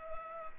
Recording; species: mosquito wingbeat signal from an infrared sensor; Culex pipiens